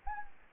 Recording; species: mosquito wingbeat signal from an infrared sensor; Anopheles gambiae